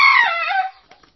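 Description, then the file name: Chicken: rooster crowing: a loud, harsh, strongly harmonic note that slides slightly downward and cuts off after under a second, followed by brief faint rustles. Male (rooster), crowing. "canto do galo"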